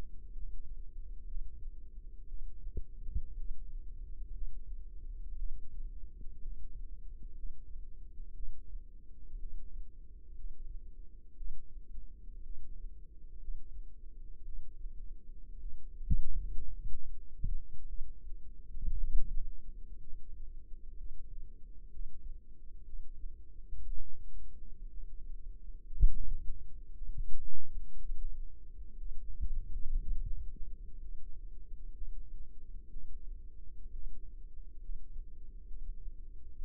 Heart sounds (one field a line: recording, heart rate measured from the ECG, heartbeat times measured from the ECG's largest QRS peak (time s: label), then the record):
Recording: heart sounds by microphone in the left ear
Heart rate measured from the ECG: 60 bpm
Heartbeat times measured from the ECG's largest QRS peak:
0.31 s: heartbeat
1.26 s: heartbeat
2.27 s: heartbeat
3.35 s: heartbeat
4.32 s: heartbeat
5.36 s: heartbeat
6.41 s: heartbeat
7.34 s: heartbeat
8.33 s: heartbeat
9.39 s: heartbeat
10.35 s: heartbeat
11.36 s: heartbeat
12.43 s: heartbeat
13.39 s: heartbeat
14.44 s: heartbeat
15.59 s: heartbeat
16.71 s: heartbeat
17.86 s: heartbeat
18.97 s: heartbeat
19.98 s: heartbeat
20.96 s: heartbeat
21.90 s: heartbeat
22.84 s: heartbeat
23.86 s: heartbeat
24.88 s: heartbeat
25.86 s: heartbeat
26.95 s: heartbeat
27.98 s: heartbeat
28.96 s: heartbeat
30.00 s: heartbeat
30.99 s: heartbeat
31.92 s: heartbeat
32.89 s: heartbeat
33.91 s: heartbeat
34.80 s: heartbeat
35.66 s: heartbeat
36.57 s: heartbeat
From the record:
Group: healthy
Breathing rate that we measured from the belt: 20 breaths a minute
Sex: female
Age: 28 years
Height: 170 cm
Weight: 77 kg